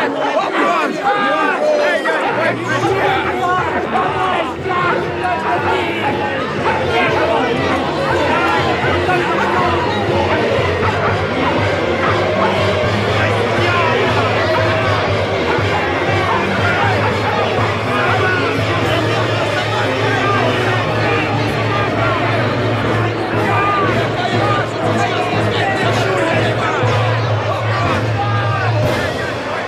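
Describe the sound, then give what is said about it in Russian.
A dense crowd of townspeople murmurs and shouts over one another in a steady, loud babble, with a low droning hum running underneath for most of the stretch. “Некоторое время толпа стояла изумленная и сильно жестикулируя. Затем всех охватила паника, и жители быстро разбежались по городку.”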